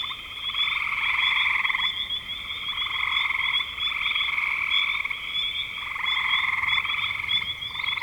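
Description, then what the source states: Frogs giving fast pulsing trills in an unbroken chorus, swelling and easing slightly, accompanied by a persistent high-pitched tone. Spring 2025.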